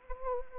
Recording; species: mosquito wingbeat signal from an infrared sensor; Anopheles arabiensis